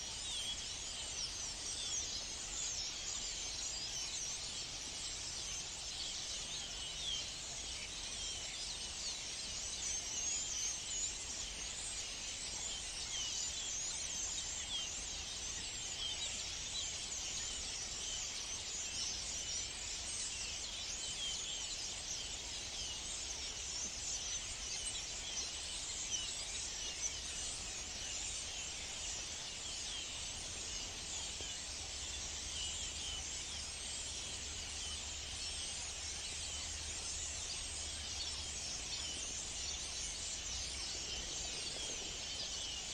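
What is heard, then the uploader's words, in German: Morning at a clay pit: a dense, steady high chirring fills the air throughout, over a faint low rumble. Ein Morgen in der Lehmgrube. Ich liebe die Stare.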